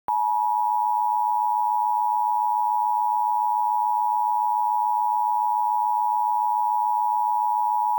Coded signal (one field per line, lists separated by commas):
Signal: Emergency Alert System (SAME) tones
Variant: 853 and 960 Hz attention tone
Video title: EAS Scenario - Baby Shark